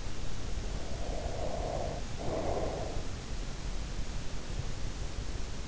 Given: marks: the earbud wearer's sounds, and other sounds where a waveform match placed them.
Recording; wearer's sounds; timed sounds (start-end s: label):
sounds in sleep by an in-ear microphone; breath
0.63-3.18 s: breath